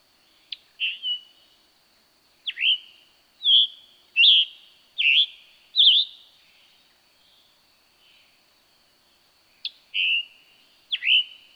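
Scarlet tanager song of harsh, burry slurred phrases in a run, then a pause of a few seconds before a few more phrases.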